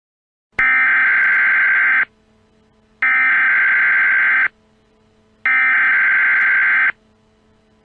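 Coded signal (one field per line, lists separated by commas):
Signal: Emergency Alert System (SAME) tones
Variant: header bursts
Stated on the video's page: Fictional EAS scenario about a chemical plant disaster; not a real alert.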